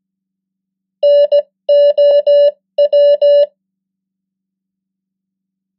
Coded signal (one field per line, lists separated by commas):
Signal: Morse code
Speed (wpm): 17 wpm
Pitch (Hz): 580 Hz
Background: none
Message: NOW